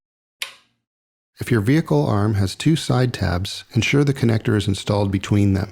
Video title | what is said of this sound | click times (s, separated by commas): Michelin Hydroedge Hybrid Wiper Blade Top Lock Narrow Installation- 取り付け動画 | hold the connector base in place and slide the connector onto the wiper arm at a slight angle until you hear a click | 0.4 s